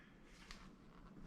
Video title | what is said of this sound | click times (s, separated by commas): INSIGNIA GoPro Kit - FACTS - MOUNTING - DIVING | like that and it locks into place you manage your GoPro to it and you go | 0.5 s